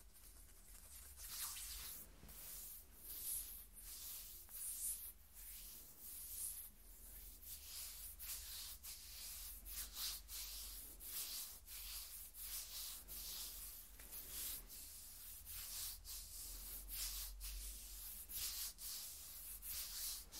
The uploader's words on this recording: ASMR Skin Scratching 1 Hour (No Talking).